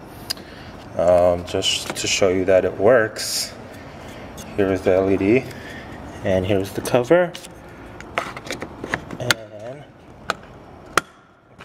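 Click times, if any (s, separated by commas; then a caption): 11.0 s. Someone talks while the plastic lens of the license plate light on a 2013–2015 Honda Accord Coupe, fitted with a T10 20 SMD LED, is pushed back into its housing on the car. A series of sharp clicks follows from about 8.2 s, and the loudest one, at 11.0 s, is the lens snapping back into place, confirming that this LED size fits.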